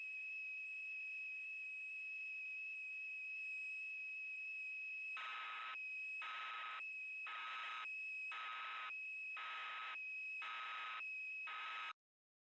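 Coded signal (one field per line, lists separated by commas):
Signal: computer data on cassette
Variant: Yamaha DX9 patch data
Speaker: So as you may have realized, that didn't work.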